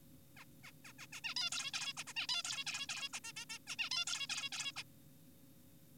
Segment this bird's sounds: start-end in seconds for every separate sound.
0.37-0.45, 0.64-0.72, 0.85-0.93, 0.99-1.07, 1.13-1.21, 1.24-1.34, 1.36-1.50, 1.52-1.71, 1.74-1.93, 1.97-2.04, 2.07-2.13, 2.16-2.27, 2.29-2.42, 2.45-2.64, 2.67-2.87, 2.89-3.09, 3.14-3.20, 3.24-3.32, 3.37-3.45, 3.50-3.58, 3.67-3.76, 3.79-3.89, 3.91-4.04, 4.07-4.27, 4.30-4.50, 4.52-4.72, 4.76-4.83